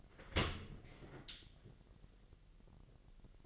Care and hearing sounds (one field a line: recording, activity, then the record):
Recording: daily activity, microphone in the room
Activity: open dishwasher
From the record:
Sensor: 4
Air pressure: 1001.4 hPa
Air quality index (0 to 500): 248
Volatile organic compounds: 44 ppm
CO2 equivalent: 3215 ppm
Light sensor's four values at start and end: 8/18/7/7 and 8/19/7/7